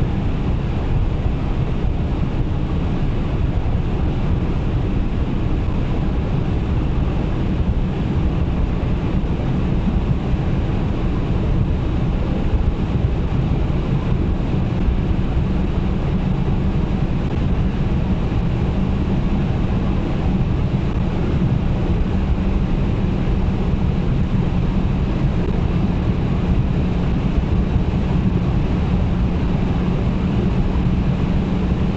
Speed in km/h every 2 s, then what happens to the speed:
171, 171, 172, 173, 177, 178, 180, 183, 186, 186, 189, 193, 194, 196, 197, 200.
0-32 speeds up to 200.